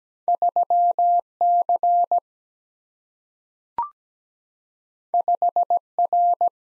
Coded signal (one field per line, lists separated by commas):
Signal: Morse code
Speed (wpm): 17 wpm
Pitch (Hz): 700 Hz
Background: none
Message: 3 C 5 R